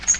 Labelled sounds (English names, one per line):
Magnolia Warbler flight call